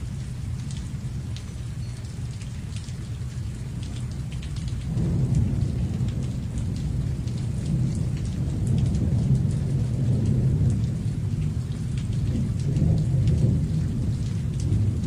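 Rain falls steadily, a dense hiss with scattered sharp drop ticks throughout. Around five seconds a deep rumble swells in and lingers to the end, like rolling thunder, making the sound fuller and louder in its second half.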